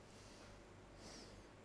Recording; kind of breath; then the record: one breath in and out by a microphone near the nose and mouth; normal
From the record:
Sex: male